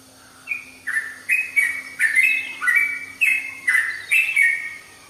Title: Kicau Kacer